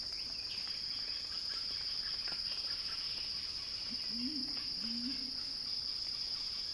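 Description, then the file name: Cicada song, a steady piercing buzz throughout, with a low wavering two-part call rising and falling near the end. Cicada song building in a crescendo. "earth-fm Axel-Drioli Cicada-Crescendo-Sounding-Wild"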